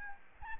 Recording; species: mosquito wingbeat signal from an infrared sensor; Aedes albopictus